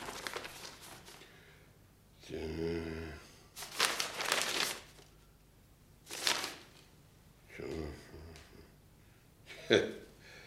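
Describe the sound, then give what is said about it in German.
Several short bursts of dry, crisp rustling as paper mandates are handled and shuffled, with brief pauses between them and a low vocal murmur early on. “Ich erschrecke über diese Papiere, gnädigster Herr, mit denen ich nicht das Geringste zu schaffen habe.”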